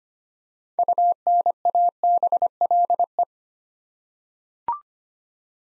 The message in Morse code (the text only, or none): UNABLE